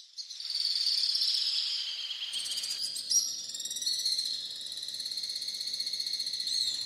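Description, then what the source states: Alpine Swift song: a continuous high, harsh, buzzing trill, rapidly pulsed and shifting in pitch, sustained for several seconds. Harsh, nervous, almost electric song, a much better dancer than singer; dozens of pairs stick mud nests high in the entrance vault of Areni-1 cave, 'cave of the birds', near the Azerbaijan border.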